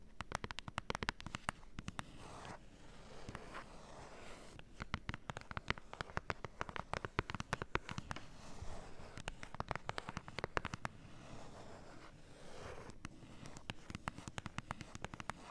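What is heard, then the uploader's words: Quick, irregular taps on cardboard come in dense bursts and scattered clicks throughout, over a steady low rumble, some clusters sounding crackly. ASMR Cardboard Taps! (No Talking).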